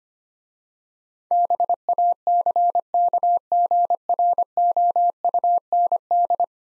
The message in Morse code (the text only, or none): BACKGROUND